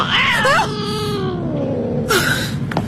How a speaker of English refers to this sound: It's okay. It's just a cat. Nothing to worry about.